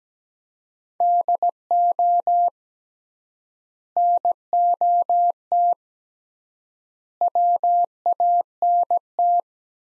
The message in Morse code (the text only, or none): DO NOT WANT